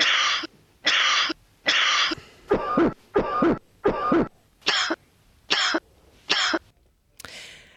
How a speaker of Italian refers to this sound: e abbiamo anche una differenza tra la tosse secca e la tosse grassa. Io direi, se in regia mi mandano la tosse secca, l'ascoltiamo.